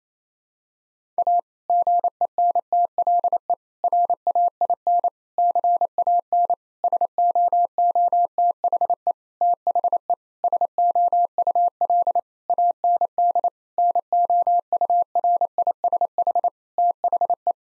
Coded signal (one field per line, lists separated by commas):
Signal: Morse code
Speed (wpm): 28 wpm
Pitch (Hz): 700 Hz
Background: none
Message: A GENTLE RAIN CAN SOOTHE THE SOUL AND NOURISH THE